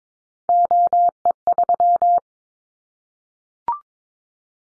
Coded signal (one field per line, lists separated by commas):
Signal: Morse code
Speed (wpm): 22 wpm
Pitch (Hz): 700 Hz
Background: none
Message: OE3